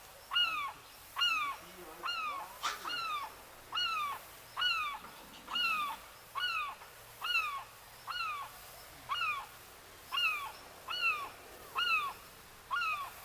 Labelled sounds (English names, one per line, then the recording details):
European Herring Gull
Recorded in the wild
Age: adult
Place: Bansin, Insel Usedom, Mecklenburg-Vorpommern, DE
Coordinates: 53.9603, 14.1317
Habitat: lake
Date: 1983-09-23 18:08
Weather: sunny, gusty winds
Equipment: Nagra SN, Sennheiser MKH 416 T, Kopie Uher 4000 Report Monitor
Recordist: Tembrock, Günter